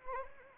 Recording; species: mosquito wingbeat signal from an infrared sensor; Anopheles arabiensis